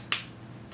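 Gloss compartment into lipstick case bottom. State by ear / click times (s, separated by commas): seated / 0.1 s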